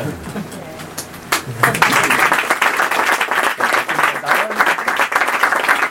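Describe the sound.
An audience bursts into applause, a dense, steady patter of many hands clapping that swells after a brief moment of voices and carries on loudly to the end.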